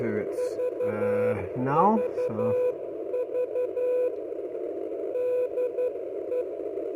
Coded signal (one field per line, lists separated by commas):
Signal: Morse code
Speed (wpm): 11 wpm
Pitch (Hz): 500 Hz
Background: speech, radio noise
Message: VVV DE